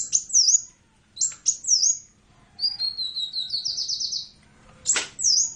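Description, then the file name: Sunbird song: high, thin down-slurred whistles, then a fast series of sharp trilled notes, a brief click, and another whistle. "suara burung kolibri convert by om kicau"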